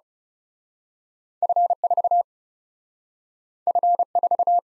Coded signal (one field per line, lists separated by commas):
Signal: Morse code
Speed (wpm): 38 wpm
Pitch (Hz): 700 Hz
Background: none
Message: F 4 F 4